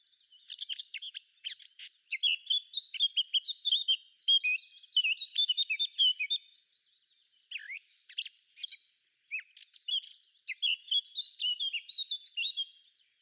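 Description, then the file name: Eurasian blackcap song, a near-continuous run of rapid warbled and chattering phrases with brief breaks and fresh bursts after each. "Sylvia atricapilla"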